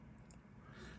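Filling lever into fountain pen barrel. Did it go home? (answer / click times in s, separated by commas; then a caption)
yes / 0.3 s. The metal filling lever of a vintage Waterman's Ideal 0352 fountain pen, just fitted with a brand-new ink sac, is pressed back down into the barrel. A small, quiet click is heard at 0.3 seconds over low background noise, and the lever snaps flush and locks into place.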